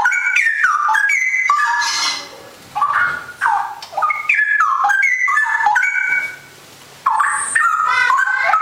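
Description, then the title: Oriental magpie-robin singing a varied, fast medley of sweet whistles, buzzy phrases and sliding notes, broken by two short silences. "Kicau Kacer"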